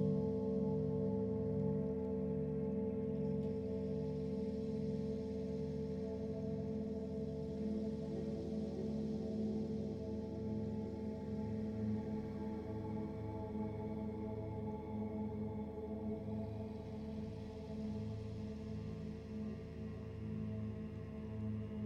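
A singing bowl hums in a long, sustained drone, its layered low and middle tones ringing steadily throughout with no fresh strikes. A gentle slow wavering pulses within the tone, and faint upper shimmer swells in around eight seconds and again near seventeen.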